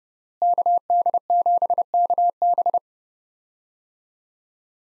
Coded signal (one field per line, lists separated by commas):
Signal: Morse code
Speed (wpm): 30 wpm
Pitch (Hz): 700 Hz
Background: none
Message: KD7KB